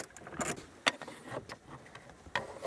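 A plastic trim panel around the ignition key on a Toyota 4Runner/Pickup dash is pressed back into place with its tabs lined up with the holes. Sharp plastic snaps ring out at 0.9 s and 2.4 s amid faint rustling, and the panel is seated.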